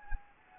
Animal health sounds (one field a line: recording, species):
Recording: mosquito wingbeat signal from an infrared sensor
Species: Anopheles gambiae